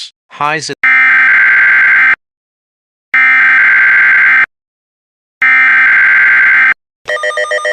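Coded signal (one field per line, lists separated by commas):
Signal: Emergency Alert System (SAME) tones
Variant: header bursts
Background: speech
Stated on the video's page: Fictional EAS scenario, remastered version.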